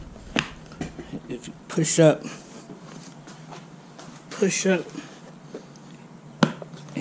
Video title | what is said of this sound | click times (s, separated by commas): Trufiber recaro inserts | you hear it pop | 6.4 s